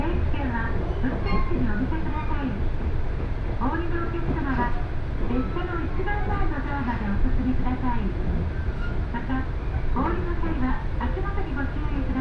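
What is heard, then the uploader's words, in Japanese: A train ride on the Kesennuma Line, with a steady, deep rumble running under the whole clip. People talk almost continuously over it, voices rising and falling, and a few short clicks or knocks come through around the middle and near the end. 鉄道旅 気仙沼線 前谷地→柳津。キハ110系の２両編成が快走していきます。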